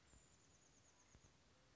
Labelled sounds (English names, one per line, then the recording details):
Chestnut-backed Chickadee
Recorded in Sonoma County, California